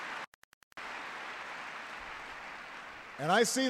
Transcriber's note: applause